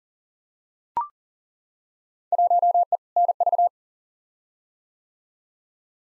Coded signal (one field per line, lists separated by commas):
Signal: Morse code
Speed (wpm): 40 wpm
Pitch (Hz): 700 Hz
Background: none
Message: 1E NV